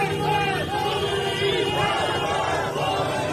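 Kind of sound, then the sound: crowd, protest crowd chanting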